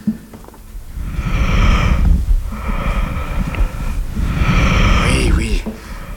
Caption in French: Les bruits que font les poumons au cours de la respiration. J'entends une sorte de murmure. Oui, le murmure vésiculaire des alvéoles qui se plissent et se déplissent selon la mécanique respiratoire.